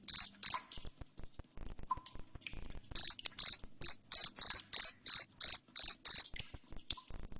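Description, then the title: Cricket calling with two chirps, a stretch of soft clicking, then a regular series of loud high trilled chirps around three each second. Loud cricket chirping played to make lovebirds sing continuously. "Suara JANGKRIK NGERIK Keras Bikin LOVEBIRD Jadi NGEKEK Terus Vubey"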